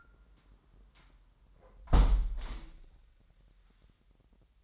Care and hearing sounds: daily activity, microphone in the room; close window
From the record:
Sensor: 3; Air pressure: 998.6 hPa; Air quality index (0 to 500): 131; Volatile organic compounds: 4 ppm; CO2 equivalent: 1572 ppm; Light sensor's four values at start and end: 8/20/8/9 and 8/19/8/8

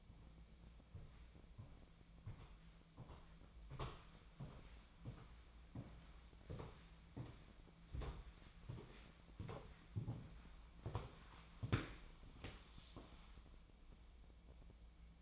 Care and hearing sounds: daily activity, microphone in the room; walk to room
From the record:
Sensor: 1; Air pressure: 1010.2 hPa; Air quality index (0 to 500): 181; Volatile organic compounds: 15 ppm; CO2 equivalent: 2490 ppm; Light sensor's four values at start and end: 39/100/42/52 and 31/79/32/40

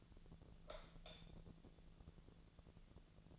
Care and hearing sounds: daily activity, microphone in the room; light off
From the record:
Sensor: 4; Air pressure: 1000.9 hPa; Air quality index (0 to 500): 124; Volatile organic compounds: 1 ppm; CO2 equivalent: 930 ppm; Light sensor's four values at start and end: 30/76/30/33 and 27/66/27/29

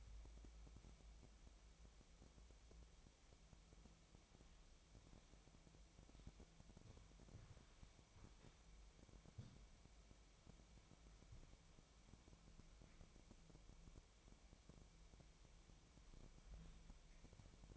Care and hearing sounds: daily activity, microphone in the room; wipe stove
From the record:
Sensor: 1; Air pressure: 1001.6 hPa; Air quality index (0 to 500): 217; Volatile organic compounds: 27 ppm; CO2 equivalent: 2896 ppm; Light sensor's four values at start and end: 7/28/10/11 and 7/28/10/11

